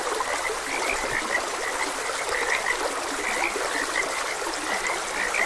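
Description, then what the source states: Frogs croaking, short clicky notes tumbling over one another, set against an even wash of running water. Frogs croaking beside a gentle stream; nature ambience.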